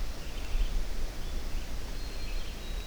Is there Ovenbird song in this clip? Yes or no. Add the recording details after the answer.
no. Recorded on 24 June 2016 at 05:52. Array SBT-6-76